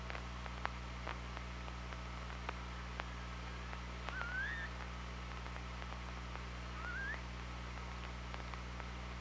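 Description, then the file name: Orca calls: two upward-sweeping tonal calls a few seconds apart, set against steady low hum and a scatter of clicks. Recorded on the OrcaLab hydrophone, 24 August 2017 at 07:44. "Orca Lab UTLN JASON 20170824 074409"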